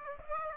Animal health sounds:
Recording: mosquito wingbeat signal from an infrared sensor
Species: Aedes aegypti

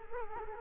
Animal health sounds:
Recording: mosquito wingbeat signal from an infrared sensor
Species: Culex quinquefasciatus

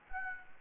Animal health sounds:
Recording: mosquito wingbeat signal from an infrared sensor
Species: Anopheles gambiae

